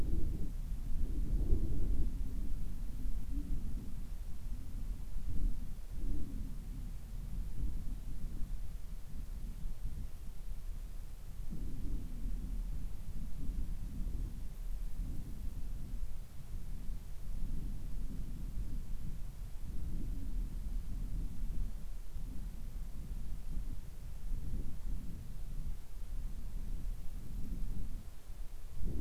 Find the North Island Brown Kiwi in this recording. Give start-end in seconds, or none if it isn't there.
none